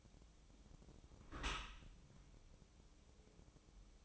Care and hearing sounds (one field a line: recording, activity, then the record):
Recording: daily activity, microphone in the room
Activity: close dishwasher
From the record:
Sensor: 1